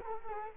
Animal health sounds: mosquito wingbeat signal from an infrared sensor; Culex quinquefasciatus

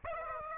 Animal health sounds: mosquito wingbeat signal from an infrared sensor; Aedes aegypti

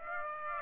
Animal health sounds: mosquito wingbeat signal from an infrared sensor; Aedes aegypti

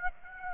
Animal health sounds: mosquito wingbeat signal from an infrared sensor; Aedes aegypti

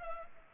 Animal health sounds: mosquito wingbeat signal from an infrared sensor; Culex pipiens

